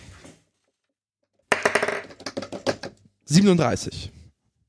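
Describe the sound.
New dice are rolled for a EuroJackpot number prediction, clattering and tumbling across a hard surface in a quick burst of sharp, uneven clicks lasting over a second, followed by a brief voiced exclamation.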